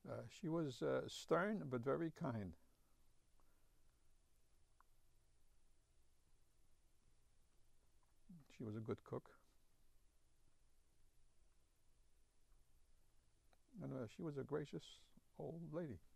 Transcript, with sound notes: She was stern but very kind. (he pauses) She was a good cook. And she was a gracious, old lady.